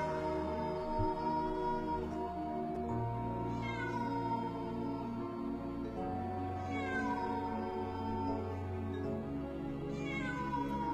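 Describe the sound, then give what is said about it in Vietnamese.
A cat yowls in long, wavering, drawn-out wails that sound resentful, three of them spaced a few seconds apart, as it follows close behind people running out of a cemetery gate, over a steady low droning background with no one talking. “Đằng sau là tiếng con mèo vẫn bám sát đằng sau lưng, tiếng kêu đầy oán hận.”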